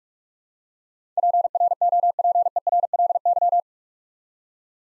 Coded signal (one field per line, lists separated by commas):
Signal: Morse code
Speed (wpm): 44 wpm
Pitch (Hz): 700 Hz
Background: none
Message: PROPERLY